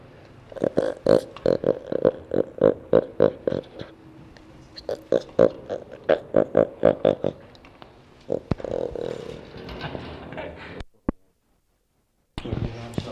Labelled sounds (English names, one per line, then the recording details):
Jaguar
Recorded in captivity
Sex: diverse
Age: diverse
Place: Zoo Rostock, Mecklenburg-Vorpommern, DE
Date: 1966-05-24 15:00
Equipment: Uher 4200 Report Monitor, Sennheiser MD 421, Transistorverstärker 2
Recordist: Tembrock, Günter